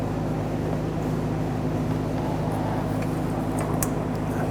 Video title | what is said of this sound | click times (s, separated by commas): How to Replace Fuel Pump Module Assembly 2005-2021 Nissan Frontier 4.0L V6 | straps press set on you hear it click | 3.8 s